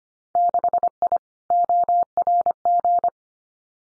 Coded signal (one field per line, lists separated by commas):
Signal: Morse code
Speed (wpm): 25 wpm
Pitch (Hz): 700 Hz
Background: none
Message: 6I ORG